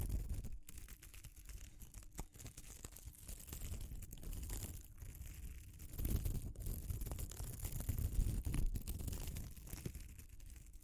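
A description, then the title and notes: Handling of textured surfaces, with steady scratching and crinkling that carries a low rumbling body and a bright hiss on top. Short sharp clicks and taps punctuate the first half, and the rubbing grows denser and louder after about six seconds. ASMR Exploring Textures (No Talking).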